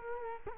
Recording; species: mosquito wingbeat signal from an infrared sensor; Culex quinquefasciatus